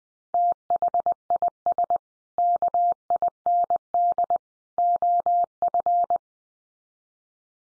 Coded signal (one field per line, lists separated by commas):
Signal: Morse code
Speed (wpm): 20 wpm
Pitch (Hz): 700 Hz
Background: none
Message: THIS KIND OF